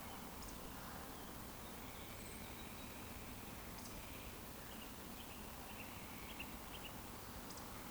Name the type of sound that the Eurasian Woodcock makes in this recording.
whistle